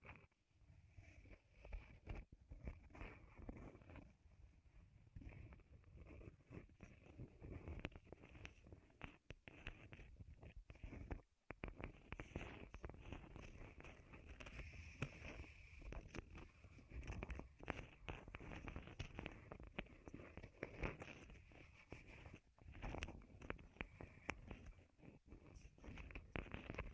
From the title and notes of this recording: ASMR Wood Triggers in Your Ears (No Talking).